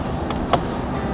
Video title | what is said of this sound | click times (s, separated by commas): How to Hook & Unhook a 5th Wheel Trailer - Summer Camping Made Easy! | All right. So, now that the hitch is locked in place, you're going to want to listen for that key click sound when the fifth wheel goes back in. | 0.5 s